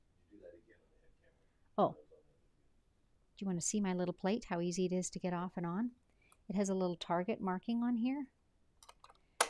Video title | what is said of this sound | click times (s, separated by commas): Simple Custom Quilting - Another Take on a Scrappy Quilt | so it snaps into place and it snaps off the same way I just push on that Target and it pops right off | 9.4 s